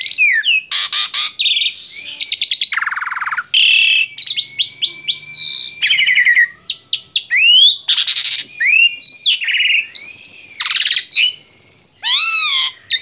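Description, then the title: Asian pied starling song, a long continuous stream of whistles, chatters, harsh rasps and slurred rising notes with barely a pause. Masteran training recording made to teach song to caged birds. "Masteran Jalak Suren"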